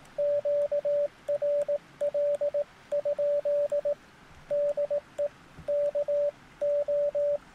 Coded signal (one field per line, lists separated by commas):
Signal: Morse code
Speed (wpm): 18 wpm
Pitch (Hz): 580 Hz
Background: radio noise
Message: QRL? DE KO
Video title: Parks on the Air - Ham Radio Outdoors - My First CW Activation -Almost-